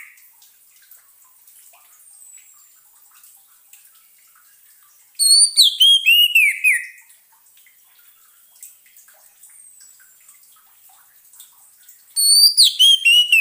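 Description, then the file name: Orange-headed thrush song in two loud bursts about seven seconds apart, each a rapid series of sharp, downward-sweeping whistled notes. Orange-headed thrush (anis merah) song used as a lure recording, intended to keep a bird from becoming stressed. "suara pancingan burung anis merah agar tidak stress"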